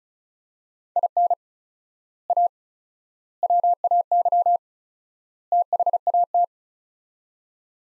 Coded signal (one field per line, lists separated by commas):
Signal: Morse code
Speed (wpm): 34 wpm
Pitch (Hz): 700 Hz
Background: none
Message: IN A WAY THAT